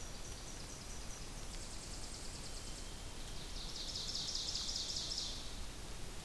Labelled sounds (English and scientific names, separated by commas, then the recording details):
Ovenbird (Seiurus aurocapilla) song
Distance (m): 70 m
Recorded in boreal forest in Alberta, Canada, on 2 June 2016 at 06:08
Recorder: SongMeter 3, array SBT-3-7
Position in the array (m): 193 m, 3 m
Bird 6